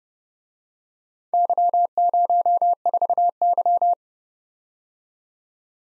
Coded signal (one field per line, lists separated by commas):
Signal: Morse code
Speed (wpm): 31 wpm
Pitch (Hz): 700 Hz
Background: none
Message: Y04Y